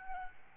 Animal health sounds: mosquito wingbeat signal from an infrared sensor; Aedes albopictus

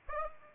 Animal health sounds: mosquito wingbeat signal from an infrared sensor; Aedes aegypti

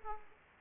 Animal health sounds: mosquito wingbeat signal from an infrared sensor; Aedes aegypti

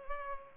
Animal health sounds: mosquito wingbeat signal from an infrared sensor; Culex pipiens

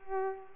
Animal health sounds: mosquito wingbeat signal from an infrared sensor; Culex pipiens

